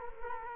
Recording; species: mosquito wingbeat signal from an infrared sensor; Culex quinquefasciatus